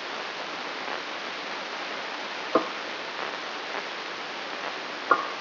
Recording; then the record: brain microelectrode recording played as sound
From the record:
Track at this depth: outside the subthalamic nucleus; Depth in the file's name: 7.26 mm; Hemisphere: left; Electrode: 3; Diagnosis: Parkinson's disease